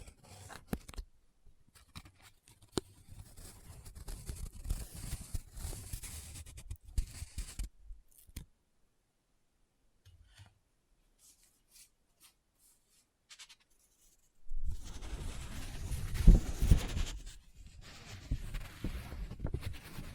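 Paper is handled in bursts of crinkling and rubbing, with dense scratchy rustle from the start to about eight seconds. A near-silent stretch follows with only a few faint ticks, then louder, fuller crumpling and scraping returns from fifteen seconds to the end.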